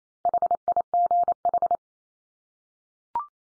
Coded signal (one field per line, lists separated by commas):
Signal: Morse code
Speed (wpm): 28 wpm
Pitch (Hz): 700 Hz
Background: none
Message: HIGH